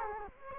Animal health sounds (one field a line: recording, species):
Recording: mosquito wingbeat signal from an infrared sensor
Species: Culex quinquefasciatus